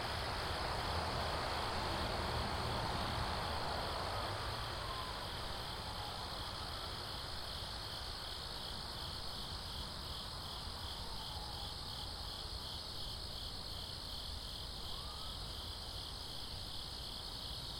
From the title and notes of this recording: 506 S. Woodbury Road Backyard, Pitman NJ. It is interesting to hear how the insects react to the traffic nearby at times. Backyard recording in Pitman NJ. Near a fairly busy main road.